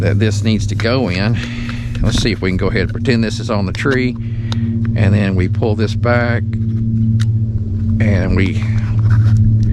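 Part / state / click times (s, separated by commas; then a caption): trail camera mount latching onto its tree-strap bracket / not seated / none. Someone talks while handling a Reolink KEEN Ranger PT camouflage trail camera mount, pulling back its plastic mounting latch to lock it onto a tree-strap bracket, with a steady low hum underneath. Small sharp sounds come near the end, but nothing has seated or clicked yet when the clip ends.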